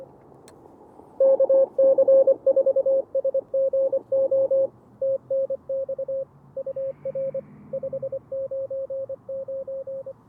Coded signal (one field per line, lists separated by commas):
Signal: Morse code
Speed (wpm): 25 wpm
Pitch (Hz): 530 Hz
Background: radio noise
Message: KC4SGO TNX UR 599